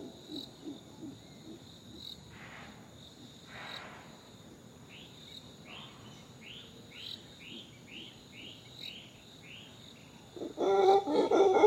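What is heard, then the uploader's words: Crickets keep up a steady high, thin buzz through the whole stretch while a bird repeats a run of quick, bright, falling chirps from about five to ten seconds. A soft low rustle of breeze sits underneath, and a louder bird burst breaks in near the end. It is very early in the morning, but you can start to feel that it will be a hot day. The crickets are chirping, creating a constant melody in the forest, birds are calling and moving around the trees and a gentle breeze hits the leaves.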